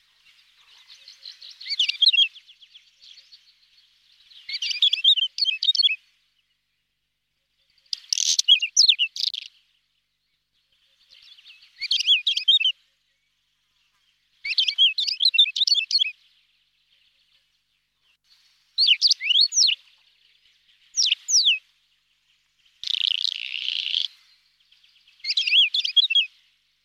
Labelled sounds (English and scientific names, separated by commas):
Whinchat (Saxicola rubetra) song